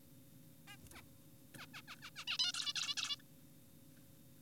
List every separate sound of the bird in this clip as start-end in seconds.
0.68-0.77, 0.94-1.02, 1.58-1.66, 1.74-1.82, 1.88-1.96, 2.02-2.10, 2.16-2.25, 2.28-2.38, 2.39-2.52, 2.54-2.73, 2.76-2.95, 2.97-3.16